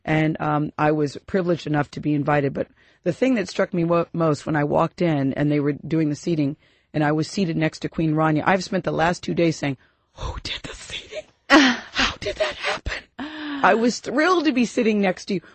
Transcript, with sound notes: And, um, I was privileged enough to be invited but, the thing that struck me most when I walked in and they were doing the seating, and I was seated next to Queen Rania, I have spent the last two days saying (whisper) “who did the seating? How did that happen?”. I was thrilled to be sitting next to you!